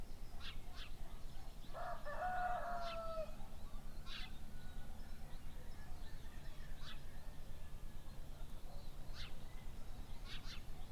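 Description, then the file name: Chicken: rooster gives one clear, drawn-out crow early on, then only faint calls over a constant low rumbling background. Early morning. "freesound Early morning roosters"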